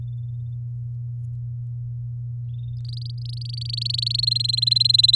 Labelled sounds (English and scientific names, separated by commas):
Domestic Canary (Serinus canaria) song